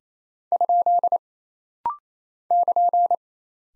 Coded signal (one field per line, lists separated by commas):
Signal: Morse code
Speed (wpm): 28 wpm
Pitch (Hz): 700 Hz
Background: none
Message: ? <KN>